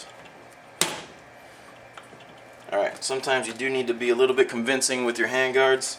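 A polymer Magpul handguard is hit into place on an airsoft M4 rifle, and the spring-loaded delta ring snaps forward with a sharp click at 0.8 s, locking the handguard securely in place. A faint tick follows at 2.0 s, then someone talks from about 2.7 s to the end.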